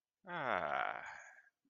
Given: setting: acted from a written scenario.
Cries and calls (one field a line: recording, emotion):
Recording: vocal sound without words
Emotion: contentment